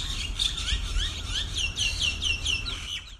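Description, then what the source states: Common Myna calls: a rapid series of repeated whistled and squawky notes against steady low background noise. Hundreds of introduced Indian mynas leaving an overnight roost in palm trees before dawn in Maroochydore's CBD, Queensland, near the ABC studio; described as an aerial invasion, an aggressive territorial takeover.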